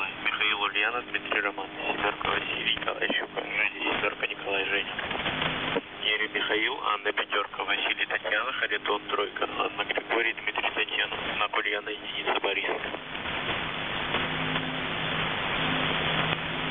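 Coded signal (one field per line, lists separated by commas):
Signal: coded military voice message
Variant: The Pip, Russian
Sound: a voice reading a message over a noisy, band-limited radio channel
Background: radio static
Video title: The Pip | 21st August 2023 | "Dlya" Voice Message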